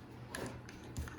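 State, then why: Not seated. A plastic star-shaped fitting is handled against the other side of the frame of a Weber Genesis II gas grill cart, producing short, sharp plastic taps at about 0.3 s and 1.0 s over a low background hum. The piece has not seated or clicked into place yet.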